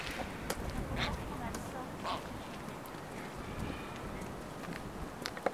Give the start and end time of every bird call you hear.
[0.96, 1.08] Ardea cinerea (1.3-9.5 kHz)
[2.04, 2.19] Ardea cinerea (0.5-5.2 kHz)

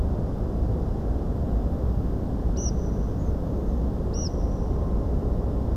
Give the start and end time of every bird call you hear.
[2.56, 2.70] Anthus trivialis (1.9-9.4 kHz)
[3.18, 3.31] Anthus trivialis (5.5-7.3 kHz)
[4.13, 4.28] Anthus trivialis (2.4-9.2 kHz)

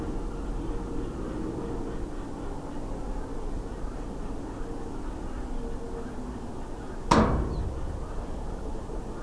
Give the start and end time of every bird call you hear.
[7.49, 7.62] Emberiza hortulana (3.5-4.7 kHz)

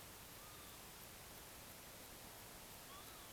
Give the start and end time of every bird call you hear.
[0.39, 0.76] Vanellus vanellus (0.9-4.0 kHz)
[2.88, 3.31] Vanellus vanellus (1.0-4.2 kHz)

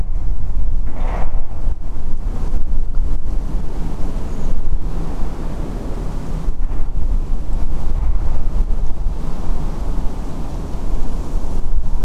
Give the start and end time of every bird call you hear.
[4.29, 4.47] Turdus iliacus (5.9-7.3 kHz)
[7.51, 7.55] Turdus philomelos (7.5-8.3 kHz)

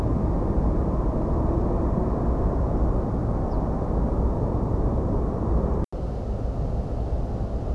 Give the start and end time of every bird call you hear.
[3.50, 3.57] Emberiza hortulana (3.9-6.0 kHz)

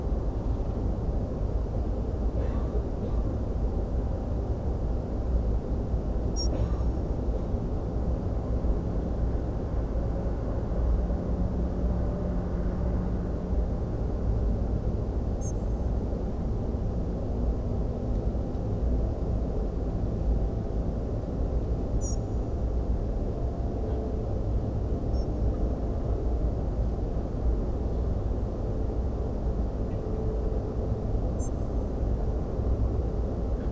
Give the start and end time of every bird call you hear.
[6.36, 6.47] Muscicapa striata (5.3-8.1 kHz)
[15.41, 15.52] Muscicapa striata (5.3-8.8 kHz)
[22.01, 22.15] Muscicapa striata (5.2-8.3 kHz)
[25.12, 25.25] Muscicapa striata (5.2-6.7 kHz)
[31.39, 31.49] Muscicapa striata (5.8-8.2 kHz)

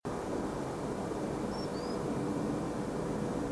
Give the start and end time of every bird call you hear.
[1.50, 1.98] Actitis hypoleucos (4.0-5.7 kHz)

